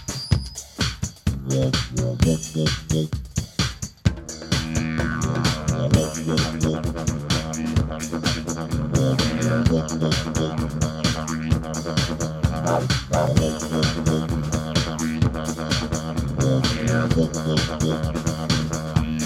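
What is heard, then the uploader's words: A drum jam in the woods, opening with a few loose, scattered hits before the full groove kicks in around four seconds. From there it stays dense and steady, with fast, regular strikes over a low, sustained droning tone that holds to the end. Drum jam in the woods.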